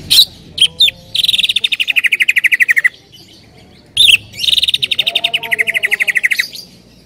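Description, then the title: Bird song: a few sharp notes, then a long rapid trill of repeated notes sliding gently downward, given twice with a pause between. "Kicau Burung"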